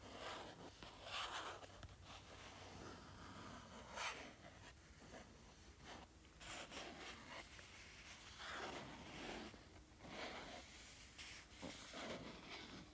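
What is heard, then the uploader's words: Scratching and tapping on a paperback book, a busy run of dry, papery scrapes and soft knocks with no steady rhythm. Sharper, brighter strokes stand out near 1, 4, 8.5 and 10 seconds, over a continuous low rustle that never fully stops. ASMR Tapping and Scratching Paperback Book.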